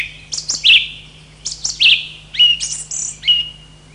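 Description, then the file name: Song thrush song: bright, high whistled phrases, each repeated twice before moving on, over a faint steady low hum. "drozd pevchij"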